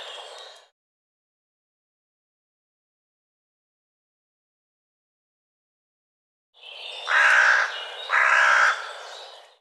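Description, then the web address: Bird giving two loud, harsh cawing notes in quick succession near the end, after a brief faint sound at the start and a long silence. "cianscape birddata Deverinetal"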